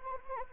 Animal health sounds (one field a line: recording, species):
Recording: mosquito wingbeat signal from an infrared sensor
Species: Anopheles arabiensis